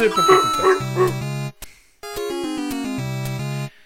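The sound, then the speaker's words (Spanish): 8-bit Nintendo Entertainment System sounds from the game Duck Hunt: a burst of buzzy, synthesized barks of the brown dog, then after a brief gap a quick chiptune jingle of stepped square-wave notes winding downward to a held low tone. “Cómo suena ese sonido de la nostalgia de Nintendo Entertainment System.”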